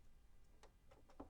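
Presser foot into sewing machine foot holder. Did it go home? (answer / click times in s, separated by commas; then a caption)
yes / 1.2 s. A presser foot is put back onto the foot holder of a BERNINA sewing machine. A few soft ticks lead up to a single faint, sharp tick at 1.2 s as the foot snaps into place, seated.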